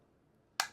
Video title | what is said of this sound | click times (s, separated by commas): Meet The ECOVACS DEEBOT T30S Combo! | just snap right in place like so | 0.6 s